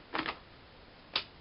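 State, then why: Seated. A laptop battery pack is put back into the battery bay of a Toshiba Satelite L305-S5915 after a screen replacement. A quick pair of soft clacks at about 0.2 and 0.3 s is followed by a single sharp click at 1.2 s, when the battery seats and locks in place.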